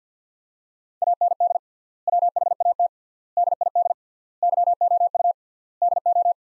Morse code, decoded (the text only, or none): AND WHAT DID YOU DO